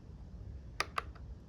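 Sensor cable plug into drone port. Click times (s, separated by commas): 0.8 s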